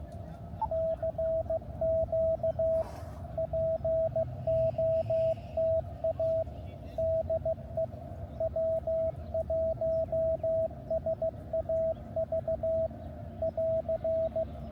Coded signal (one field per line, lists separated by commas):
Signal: Morse code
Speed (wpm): 15 wpm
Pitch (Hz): 660 Hz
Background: radio noise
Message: CQ POTA DE W1SAV <AR>